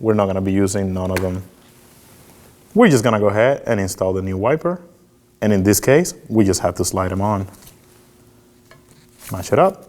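A new front wiper blade for a 2014–2020 Acura MDX is slid onto the windshield wiper arm and lined up, without using the new clips that came with it, while someone talks. Only soft handling sounds are heard, with faint taps near 8.7 s and 8.9 s. The blade has not seated or clicked yet.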